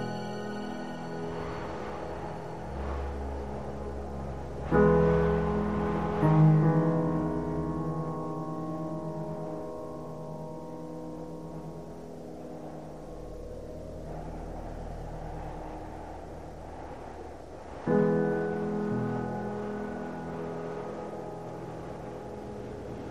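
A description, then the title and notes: Ambient music over a snowy forest backdrop: sustained, layered tones ring steadily above a low, rumbling drone. Soft bell-like strikes bloom at about five, six and eighteen seconds, each swelling the sound briefly before it settles back into the slow, even wash. Snowy Forest - Ambience and Ambient Music.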